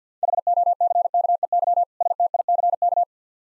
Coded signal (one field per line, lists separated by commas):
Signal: Morse code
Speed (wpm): 48 wpm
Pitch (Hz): 700 Hz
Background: none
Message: HOCKEY STICK